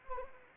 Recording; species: mosquito wingbeat signal from an infrared sensor; Anopheles gambiae